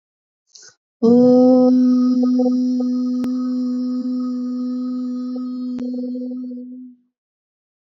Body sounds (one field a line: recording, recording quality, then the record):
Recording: sustained vowel as in boot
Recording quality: excellent, no background noise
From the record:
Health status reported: healthy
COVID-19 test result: negative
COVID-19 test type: RT-PCR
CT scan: not taken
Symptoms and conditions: none ticked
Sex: female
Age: 21 years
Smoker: no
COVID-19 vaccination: both doses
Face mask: not worn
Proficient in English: yes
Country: India